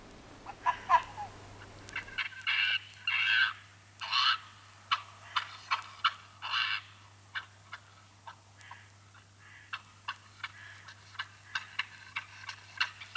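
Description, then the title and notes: Arctic fox calls, irregular bursts of harsh yelping sounds, some clustered and some single, separated by short clicks and quiet gaps. "Naali. Paavo Hellstedt"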